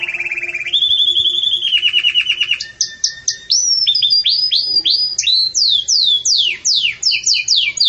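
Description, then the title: Belgian canary song: a low steady trill shifting into higher rolling trills, then bright descending whistled notes repeated in quick series. Canary song of the "campainha" style, pure, with pauses, used for training. "Canto Canário Belga Campainha Puro Com Pausa Para Treinamento"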